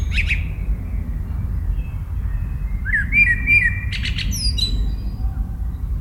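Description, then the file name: Eurasian blackbird singing a brief high note, then a mellow warbled phrase closing with thin, high twittering, against constant low background rumble. Recorded in 2018. "Merle 2018"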